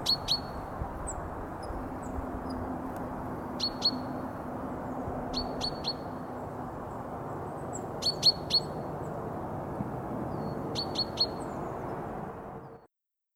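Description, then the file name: Great tit song: short bright phrases of two or three high clipped notes, repeated every two to four seconds over a steady low background hiss that cuts off just before the end. "talitiainen"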